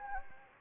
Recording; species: mosquito wingbeat signal from an infrared sensor; Anopheles gambiae